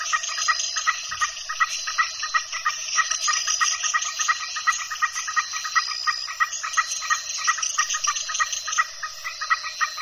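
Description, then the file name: Frogs calling in a dense chorus of quick repeated croaks, mixed with continuous insect trilling and occasional thin high whistles. Frogs with insects, recorded at dusk at El Cuyo, Mexico. "El Cuyo MX Frogs And Insects At Dusk"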